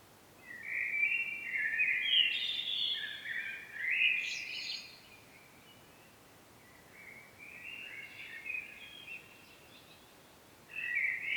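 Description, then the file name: Common blackbird delivering several song phrases, fluty warbles with squeaky, higher flourishes. "Turdus merula"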